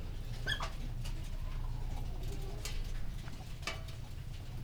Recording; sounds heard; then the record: poultry house recording; sick chickens (respiratory disease)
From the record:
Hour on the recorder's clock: 19